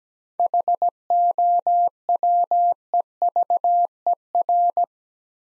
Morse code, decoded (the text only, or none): HOWEVER